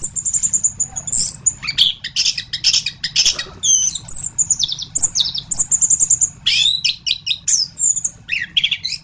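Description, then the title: Thrush song, very high thin whistles and fast scratchy chattering phrases, delivered continuously with rapid changes. "Suara Burung Anis"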